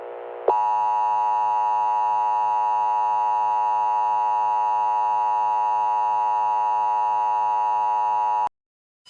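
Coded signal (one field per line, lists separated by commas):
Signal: Emergency Alert System (SAME) tones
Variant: 853 and 960 Hz attention tone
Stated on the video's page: Fictional EAS scenario of a fire outbreak spreading from Frederick County to national level.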